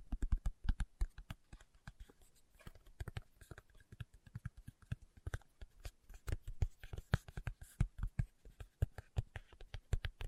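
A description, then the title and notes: Fingertips tap in quick, uneven bursts, each a short dull knock with a low thump and a light click on top. The taps come several per second for the full ten seconds, bunching into rapid runs with brief gaps, a little louder and denser toward the end. ASMR Tapping with Fingertips (No Talking).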